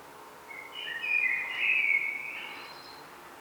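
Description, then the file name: Common blackbird singing one long, soft, warbling phrase of mellow whistles that blends into a high, thin twitter and then trails off, with faint background hiss. "Turdus merula"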